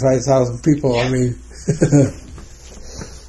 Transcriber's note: laughing